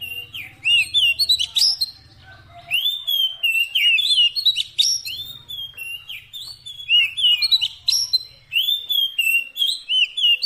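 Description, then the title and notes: Oriental magpie-robin singing a rapid, continuous run of sweet whistles and chattering notes; a low hum sounds faintly underneath during the first few seconds. Long-duration fill-in song intended to make the bird sing vigorously day and night. "Kacer Jadi Gacor Siang Malam. Isian Kacer Durasi Panjang"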